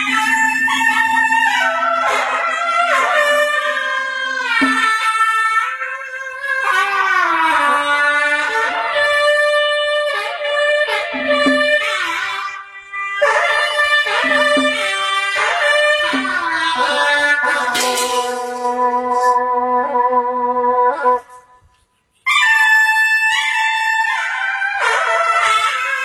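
A suona plays a bright, piercing melody with held notes, quick slides and trills, pausing about 21 seconds in before resuming strongly.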